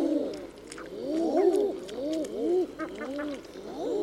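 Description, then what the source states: Common eiders uttering soft, arched, moaning coos, several overlapping in quick succession. Common eiders in tundra.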